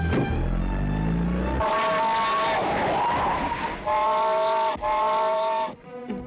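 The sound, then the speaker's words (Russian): A militia duty car carrying three specialists, an investigator, a forensic expert and a doctor, sets off on a call: the engine starts low and rumbling, then revs up through several loud, rising strains with harmonic whine and brief tire squeal as it pulls away, fading slightly at the end. “Три специалиста садятся в машину.”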